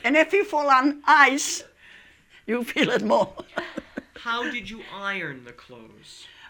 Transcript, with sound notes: And if you fall on ice, you feel it more. (laughing)
How did you iron the clothes?